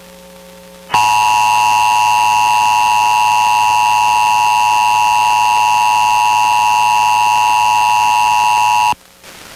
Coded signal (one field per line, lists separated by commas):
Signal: Emergency Alert System (SAME) tones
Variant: 853 and 960 Hz attention tone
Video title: Pennsylvania Required Monthly Tests (8/18/22)(EAS 1219-1233)